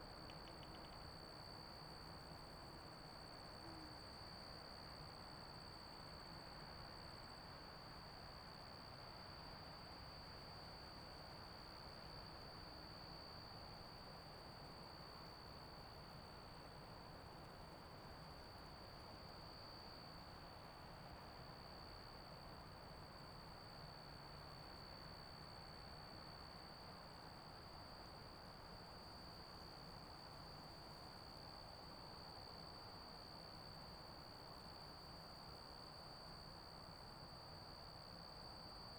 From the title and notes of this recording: Colville National Forest, Calispell Meadow Late afternoon with Grasshoppers, Crickets, and Wind. Calispell Meadow is filled with crickets and grasshoppers.